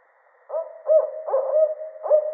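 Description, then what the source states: Barred owl giving a run of loud, resonant hoots, some slurred and drawn out, in quick succession. Recorded 13 October 2010.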